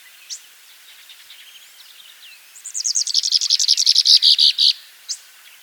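Greenish-yellow finch song: a few faint high chirps, then a series of bright, buzzy high notes lasting about two seconds, and a final single chirp.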